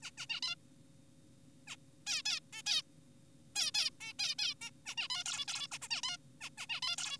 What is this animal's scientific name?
Taeniopygia guttata